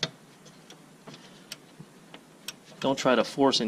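A xenon (HID) headlight bulb, part of a lighting upgrade from 6k to 10k on a 2001 Mercedes-Benz CL600 V12 W215, is rotated clockwise again in the headlamp housing socket after a failed try. It locks with a sharp, loud snap at 0.0 s, followed by several fainter ticks. Then someone talks.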